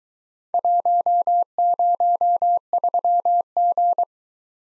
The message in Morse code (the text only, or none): 103G